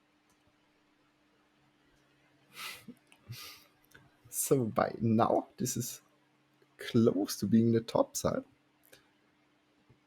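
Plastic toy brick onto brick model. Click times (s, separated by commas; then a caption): 8.9 s. Someone talks while pressing a plastic building-brick element onto the top section of a Lego Architecture New York brick model (set 21028). Small clicks sound between the speech, then a pair of quick snaps at 8.9 s and 8.9 s as the brick seats in place.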